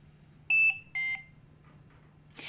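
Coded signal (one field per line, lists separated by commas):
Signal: alarm pattern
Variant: Philips Respironics Trilogy ventilator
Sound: two short falling-pitch beeps close together, high then lower, then a soft click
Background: low hum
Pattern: 2 short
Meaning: Low priority alarm conveying information, such as a stuck button or battery needing charge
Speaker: low priority alarms are two beeps together in a repeating pattern the audio pause button shows a solid yellow light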